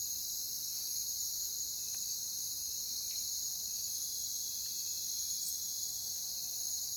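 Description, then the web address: Crickets give a continuous high ringing trill, with a few soft faint ticks and chirps scattered through the background. "Nature Songs Nature Sounds Sounds of Nature Collection Crickets"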